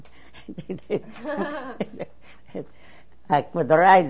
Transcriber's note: she laughs